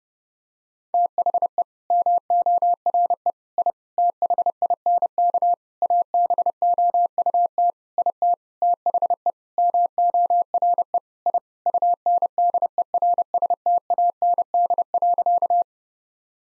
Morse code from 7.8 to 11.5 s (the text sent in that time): IT THE MORE I